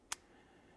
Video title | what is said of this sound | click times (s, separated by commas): Tripod Maintenance How-To | you'll hear a very nice satisfying click | 0.1 s